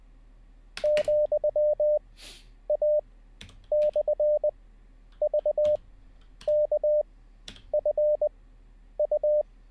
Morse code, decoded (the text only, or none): ,A/VKFU